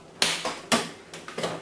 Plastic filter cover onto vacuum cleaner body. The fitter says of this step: so I'll put that back on you should hear it click like that